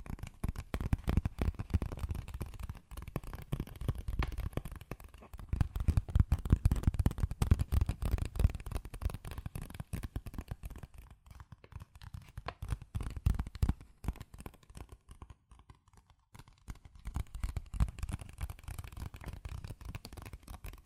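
Fast tapping, scratching and tracing on cardboard and paper, a dense run of quick dry taps and rustles packed tightly together. The activity swells and eases in waves, heavier around the start, middle and end, with a quieter stretch near fifteen seconds.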